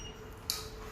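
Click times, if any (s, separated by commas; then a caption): 0.5 s. An arterial line pressure transducer is pushed into its pressure dome holder until it locks, giving a single sharp, bright click at 0.5 s against a quiet background. The transducer is seated in the dome.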